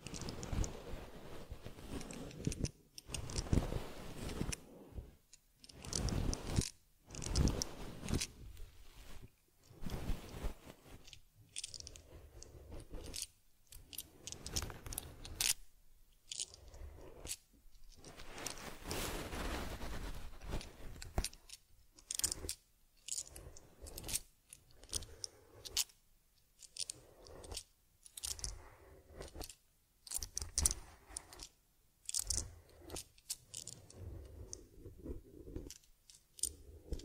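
Grooming a teddy bear: soft scratchy brushing and rubbing strokes come in short irregular bursts, separated by frequent brief silences. A longer stretch of steady rubbing sits near the middle, and light crinkly, rattling touches dot the rest.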